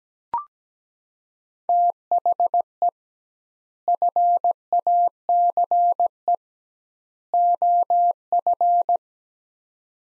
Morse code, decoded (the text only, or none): THE FACE OF